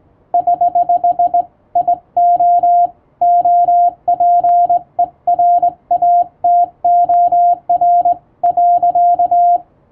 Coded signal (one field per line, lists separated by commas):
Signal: Morse code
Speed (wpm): 20 wpm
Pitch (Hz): 700 Hz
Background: radio noise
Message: <HH> IO OPERATOR .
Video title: 【URGENT POST】Thank you ! Over 1000 subscribers ! I'll say thank you in Morse code !